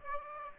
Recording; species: mosquito wingbeat signal from an infrared sensor; Aedes aegypti